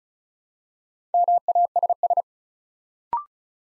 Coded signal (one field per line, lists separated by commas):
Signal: Morse code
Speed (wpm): 36 wpm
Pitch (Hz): 700 Hz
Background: none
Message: MASS